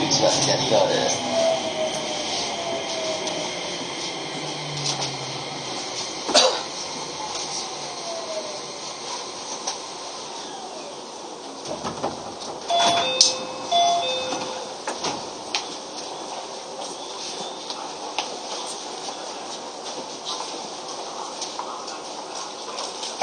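A Keio 5000 series train runs between Motoyawata and Hashimoto, with a steady rushing roar throughout and a faint motor whine sliding downward early on. Sharp clunks land near 6 and 12–13 seconds, followed by short tonal beeps and scattered rattles.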